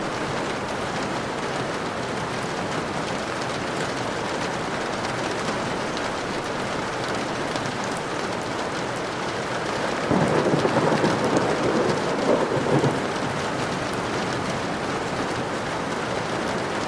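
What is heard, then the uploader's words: Heavy rain falls in a steady, dense hiss across the whole clip. From about 10 to 13 seconds a louder, rougher surge swells up, likely a low roll of thunder, then the rain settles back to its even wash. Rain with Thunder Sounds. Heavy Rain.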